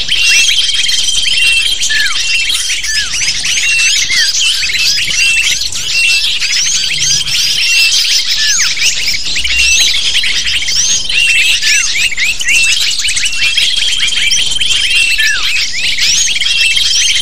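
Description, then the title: Lovebirds squawking and chirping together, a harsh, busy chorus of high squeaks that stays loud and constant from start to finish. Lure sound used to attract lovebirds. "PIKAT BURUNG LOVEBIRD"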